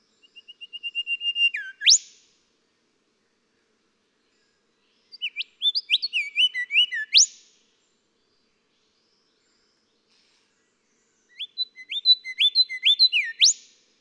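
Golden whistler song: three phrases of whistled notes, the first opening with a rapid series of short notes, each ending in a loud upswept whip.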